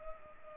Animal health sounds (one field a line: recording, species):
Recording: mosquito wingbeat signal from an infrared sensor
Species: Culex pipiens